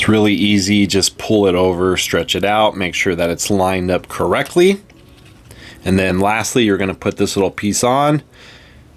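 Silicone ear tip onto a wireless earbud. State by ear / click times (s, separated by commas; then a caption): not seated / none. Someone talks while handling a small silicone ear tip for a wireless Bose QuietComfort Ultra earbud, getting ready to push it onto the earbud's nozzle. A faint, brief tap is heard at about 5.5 seconds during a pause in the talking. Nothing has seated or clicked yet; the clip ends before the tip is pushed home.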